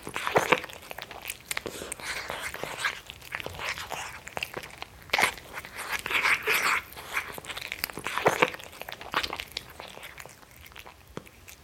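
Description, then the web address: Domestic cat eating noisily: crunching and chewing sounds in uneven clusters, louder bursts around five to seven and eight seconds, no vocalising. Cat guzzling greedily while eating. "BBC Cats Eating"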